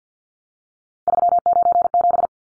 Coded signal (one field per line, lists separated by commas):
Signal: Morse code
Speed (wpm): 50 wpm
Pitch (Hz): 700 Hz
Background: none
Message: 397